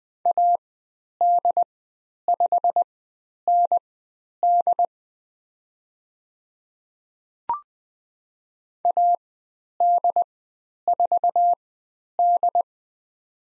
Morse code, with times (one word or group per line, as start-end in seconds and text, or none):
0.3-4.8 AD5ND
8.8-12.6 AD4D